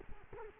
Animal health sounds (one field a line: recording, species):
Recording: mosquito wingbeat signal from an infrared sensor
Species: Culex quinquefasciatus